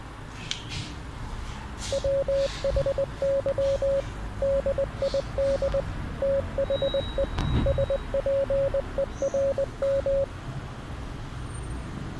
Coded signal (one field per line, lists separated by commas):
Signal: Morse code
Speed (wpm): 20 wpm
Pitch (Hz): 550 Hz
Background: none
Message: WHY DID THE SPERM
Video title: The Extraterrestrial Fish Ventriloquist is Telling Dirty Jokes Using Morse Code